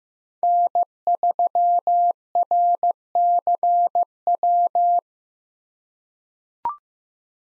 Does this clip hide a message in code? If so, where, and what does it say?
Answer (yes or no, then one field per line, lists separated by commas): yes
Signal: Morse code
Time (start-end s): 0.4-5.0 s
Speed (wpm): 15 wpm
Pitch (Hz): 700 Hz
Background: none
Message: N3RCW